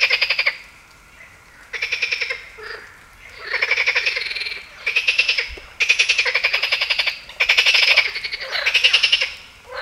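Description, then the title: Marsh frog gives loud, fast cackling rattles in long pulsed bursts, nearly continuous in the second half, with brief quieter gaps. Heviz, Hungary. "Heviz, Grenouille rieuse"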